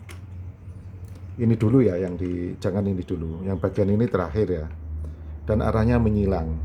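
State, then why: Seated. A stock CPU cooler's plastic push pin, turned back against the arrow, is pressed into a motherboard mounting hole and clicks home at 0.1 s with a short, sharp click. Someone talks through the rest of the clip.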